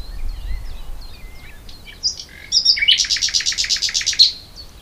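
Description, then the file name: Common nightingale with soft scattered twittering notes, then a loud, fast, buzzy rattle of rapidly repeated pulses. "Luscinia megarhynchos"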